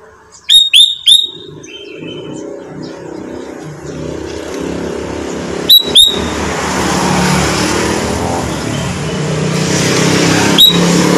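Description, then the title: Sooty-headed bulbul gives a run of three bright, bubbly notes, then two more a few seconds later and a faint single note, while traffic noise slowly builds. "Kutilang"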